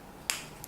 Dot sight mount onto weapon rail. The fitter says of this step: and the second one they're kind of tight you can probably hear that little snap all right so